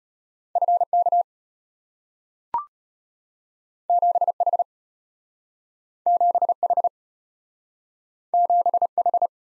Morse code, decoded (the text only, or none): FK 7H 7H 7H